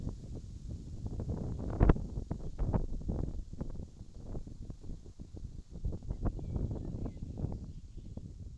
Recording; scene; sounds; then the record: everyday scene through a hearing-aid microphone; wind on the microphone; wind, birds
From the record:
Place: in front of a rural house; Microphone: in the ear canal, left